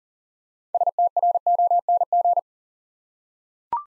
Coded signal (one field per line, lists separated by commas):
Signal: Morse code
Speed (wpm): 39 wpm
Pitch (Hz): 700 Hz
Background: none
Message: STRONG